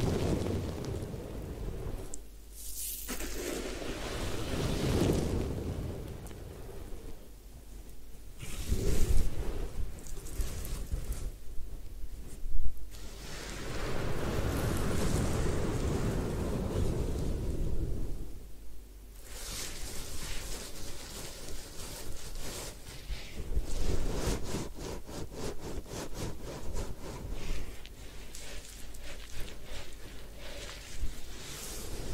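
Rushing water from a hair wash comes in surges with brief quieter gaps, shifting between deep gushing and brighter spraying throughout.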